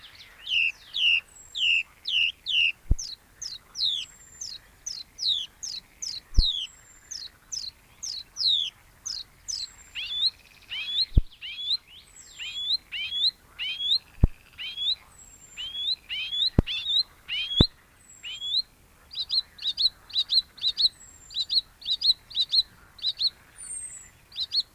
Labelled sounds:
Icterine Warbler (Hippolais icterina) song
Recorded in the wild
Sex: male
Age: adult
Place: Möhrendorf, Bayern, DE
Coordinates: 49.6361, 10.9861
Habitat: pond
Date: 1962-05-31
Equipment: Stellavox SM 5, Original, Vollspur
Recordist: Tretzel, Erwin

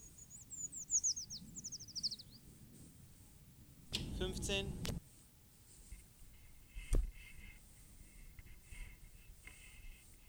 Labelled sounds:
Eurasian Treecreeper (Certhia familiaris) song
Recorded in the wild
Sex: male
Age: adult
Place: Freiburg, Baden-Württemberg, DE
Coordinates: 47.9842, 7.87667
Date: 1960-03-11
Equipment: Vollspur
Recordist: Thielcke, Gerhard

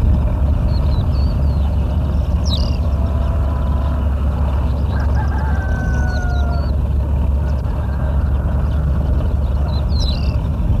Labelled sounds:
Tawny Pipit (Anthus campestris) song
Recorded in the wild
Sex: male
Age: adult
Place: Primorsko, Burgas, BG
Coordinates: 42.2667, 27.75
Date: 1968-06-03
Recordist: Stiefel, Arnd

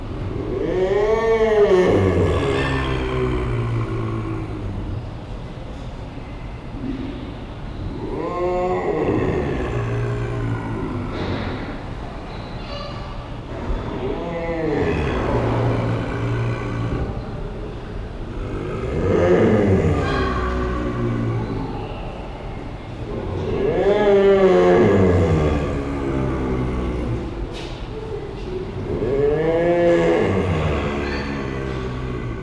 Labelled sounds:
Clouded Leopard (Neofelis nebulosa) growling
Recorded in captivity
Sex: male
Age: adult
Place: Tierpark Berlin, Berlin, DE
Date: 1974-04-01
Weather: sonnig, 16°C
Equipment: Uher 4200 Report Stereo, Sennheiser MD 421, Verstärker
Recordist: Tembrock, Günter

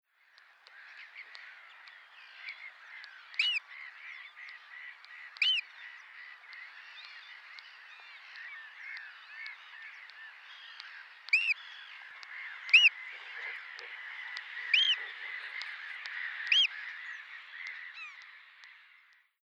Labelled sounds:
Ruff (Philomachus pugnax)
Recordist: Tembrock, Günter
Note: Rufe frischgeschlüpfter Küken

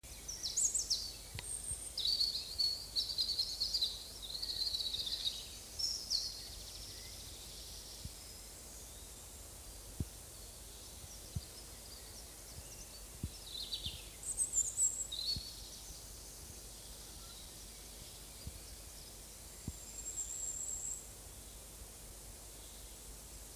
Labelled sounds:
European Robin (Erithacus rubecula) song
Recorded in the wild
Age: adult
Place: Oehrenstock/Langewiesen, Thüringer Wald, Thüringen, DE
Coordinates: 50.6603, 10.9428
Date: 2003-05-26 12:40
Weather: overcast, after rainfall, 12°C
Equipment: Fair Mate ST-1328 (Asahi Electronics, Japan), Sennheiser ME 80, Kopie Uher 4000 Report Monitor
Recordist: Tembrock, Günter
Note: Gesang

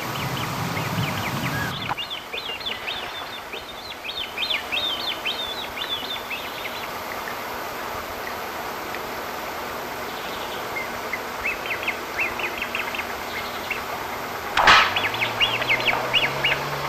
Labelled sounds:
Great Crested Grebe (Podiceps cristatus) begging call
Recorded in the wild
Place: Krombachtalsperre, DE
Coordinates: 50.6217, 8.12722
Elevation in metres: 530
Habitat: Wetland
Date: 1963-08-23
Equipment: Uher Report 4000, AKG D190
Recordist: Krey, Winfried

